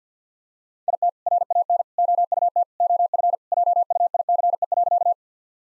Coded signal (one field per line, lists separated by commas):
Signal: Morse code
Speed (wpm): 50 wpm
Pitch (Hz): 700 Hz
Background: none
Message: IT RAN OUT OF JUICE.